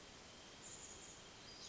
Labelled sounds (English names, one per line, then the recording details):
Western Flycatcher
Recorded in Sonoma County, California